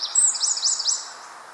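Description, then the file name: Eurasian wren giving a high, thin phrase: a sharp whistled note and a few quick zigzag chips, over a soft background hiss. "Troglodytes troglodytes"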